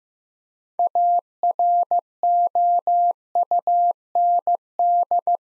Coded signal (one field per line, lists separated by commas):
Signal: Morse code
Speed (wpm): 15 wpm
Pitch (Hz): 700 Hz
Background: none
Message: AROUND